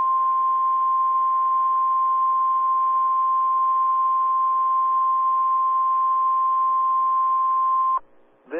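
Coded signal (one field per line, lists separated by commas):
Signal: Emergency Alert System (SAME) tones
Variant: 1050 Hz attention tone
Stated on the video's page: Required weekly test, apparently on a DMX unit.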